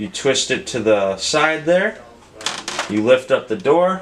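Someone talks while a plastic hanging door retaining cord on a Xerox AltaLink C8000 Series printer is twisted to the side onto its front door mount and the front door is lifted, with brief handling noises around 2.4 to 2.7 seconds. Nothing has seated or clicked yet.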